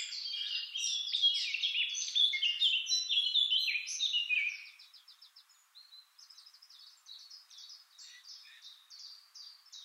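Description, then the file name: Eurasian blackcap singing a loud, tumbling warble of varied high notes for several seconds, followed by a softer series of chattering notes. "Sylvia atricapilla"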